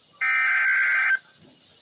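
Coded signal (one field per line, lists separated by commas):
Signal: Emergency Alert System (SAME) tones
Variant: header bursts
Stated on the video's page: Severe weather and flood alerts received on NOAA Weather Radio station WXM56.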